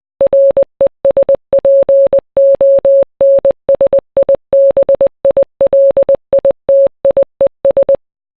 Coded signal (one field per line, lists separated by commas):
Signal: Morse code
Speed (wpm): 20 wpm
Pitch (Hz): 550 Hz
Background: none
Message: RESPONSIBILITIES